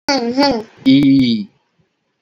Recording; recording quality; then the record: sustained vowel as in beet; excellent, no background noise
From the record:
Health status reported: healthy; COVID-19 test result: not tested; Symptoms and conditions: none ticked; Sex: male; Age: 32 years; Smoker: not ticked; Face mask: not worn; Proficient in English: yes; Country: India